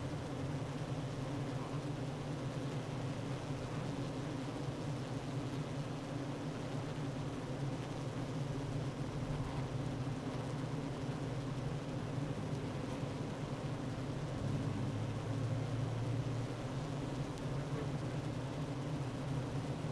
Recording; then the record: honeybee colony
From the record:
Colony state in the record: active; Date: 12 June 2018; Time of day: 9:31